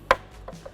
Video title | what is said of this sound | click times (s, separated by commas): How To Replace Taillights 03-09 Toyota 4Runner | I heard a click, I gave it a tug, it feels great. | 0.1 s